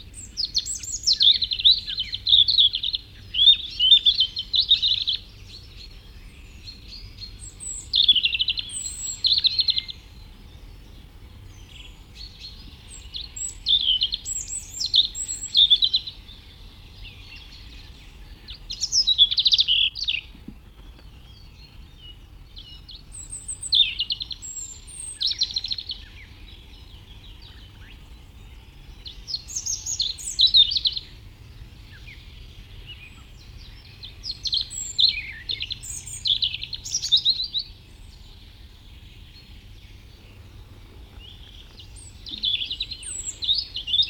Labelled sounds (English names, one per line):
European Robin song